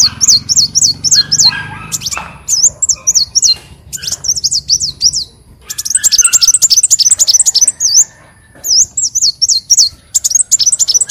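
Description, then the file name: Leafbird song: repeated phrases of fast, high looping whistles and chirps, broken by short pauses, with a faint low hum at first. "Tieng chim xanh tim"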